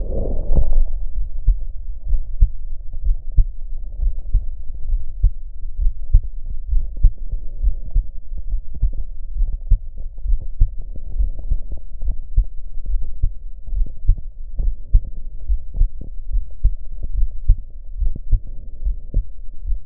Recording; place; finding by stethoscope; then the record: heart sounds by stethoscope; pulmonary valve (PV); normal heart sounds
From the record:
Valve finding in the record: normal valve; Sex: female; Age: 40 years